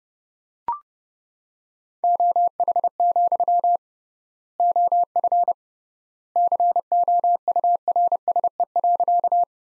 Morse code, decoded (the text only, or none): OH, OF COURSE.